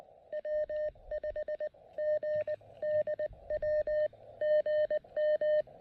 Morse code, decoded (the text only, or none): W5GDW GM